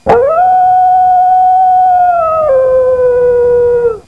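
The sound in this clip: Wolf howl: one long, smooth sustained tone held steadily for about two seconds, then dropping abruptly to a lower pitch and fading out after four seconds.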